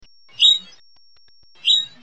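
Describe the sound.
Hammond's flycatcher giving two short, sharp, high chip notes about one and a quarter seconds apart, with silence between.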